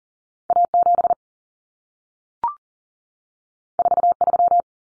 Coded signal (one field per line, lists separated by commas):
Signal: Morse code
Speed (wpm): 40 wpm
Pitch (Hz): 700 Hz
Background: none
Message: A7 43